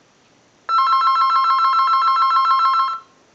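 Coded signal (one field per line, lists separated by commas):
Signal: none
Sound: telephone bell ringing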